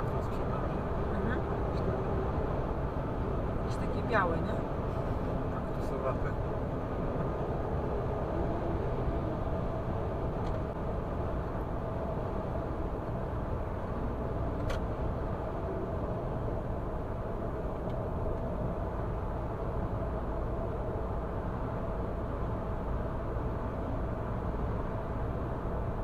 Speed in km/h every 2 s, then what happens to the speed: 121, 121, 120, 118, 116, 113, 110, 109, 107, 105, 105, 105, 105.
0-17 slows to 105. 17-26 steady at about 105.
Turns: none.